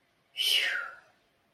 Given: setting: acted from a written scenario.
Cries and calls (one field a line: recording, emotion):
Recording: vocal sound without words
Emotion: relief